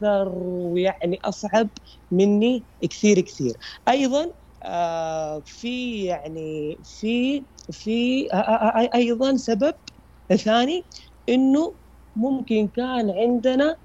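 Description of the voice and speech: Adult man speaking Arabic with stuttering that he has had since childhood. His speech has repeated words (fi, fi, fi), prolonged sounds, and filled pauses (ah, ah, ah) between halting phrases. He is in stuttering therapy.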